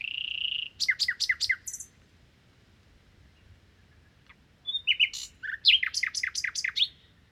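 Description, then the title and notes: Common nightingale singing two phrases split by a pause: a held whistle into a rapid series of loud chopping notes, then a varied trill of repeated sweeping notes. Common nightingale song recorded 1 May 2019 in Crau, Bouches-du-Rhône, France, on a Nagra Seven with cardioid and omnidirectional microphones to compare their sound. "Crau - Bouches du Rhône. Rossignol philomèle"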